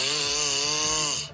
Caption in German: Wach im Bett lagen und sie den Schnarcher neben sich einfach mal aufgenommen haben. Janines Mann. Klingt ein bisschen wie so ein Vibrationsalarm am Handy.